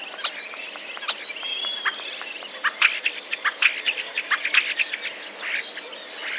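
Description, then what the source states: Common starling song, a dense jumble of sharp clicks, short chirps and thin whistles. Starlings mimicking sparrow-like sounds, 10 April 2023.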